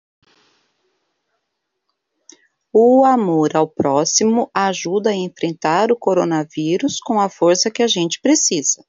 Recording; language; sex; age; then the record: spoken sentence; Brazilian Portuguese; female; 50 to 59 years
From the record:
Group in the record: control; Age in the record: 53 years